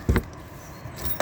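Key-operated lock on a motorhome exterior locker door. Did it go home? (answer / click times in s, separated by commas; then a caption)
yes / 0.2 s, 1.2 s. A key is turned in the lock of an exterior locker door on a 2017 Bürstner Ixeo It 680G motorhome, where one key works all the outside locks. A defined click to lock comes at 0.2 s and a click to open at 1.2 s, with a quieter tick in between. The lock engages as it should.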